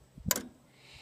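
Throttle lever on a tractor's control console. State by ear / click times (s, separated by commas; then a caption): seated / 0.3 s. The metal throttle lever on a John Deere tractor's control console is pushed forward until it clicks into its detent at 0.3 s, a sharp, bright click. The lever is seated, which readies the tractor to be started with the key.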